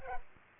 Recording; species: mosquito wingbeat signal from an infrared sensor; Culex pipiens